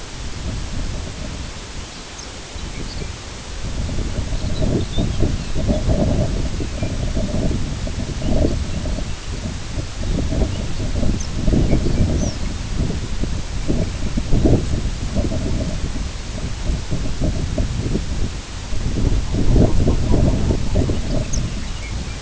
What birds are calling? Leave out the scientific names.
Lapland Longspur, King Eider